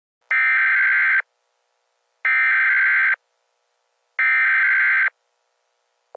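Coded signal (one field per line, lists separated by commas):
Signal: Emergency Alert System (SAME) tones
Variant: header bursts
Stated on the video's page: Simulated EAS scenario tones for a fictional Georgia weather disaster.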